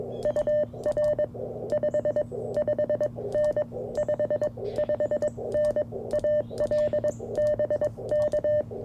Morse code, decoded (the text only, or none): UR 55N 55N AL BK